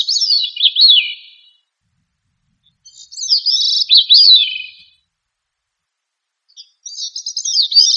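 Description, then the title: Thrush singing quick, fluty phrases of zigzagging notes, the first two dropping lower at the end, with pauses of over a second between them. "Familia Turdidae - Sabia"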